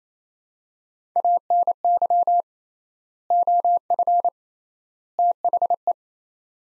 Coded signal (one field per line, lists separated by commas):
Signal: Morse code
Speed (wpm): 28 wpm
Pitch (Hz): 700 Hz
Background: none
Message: ANY OF THE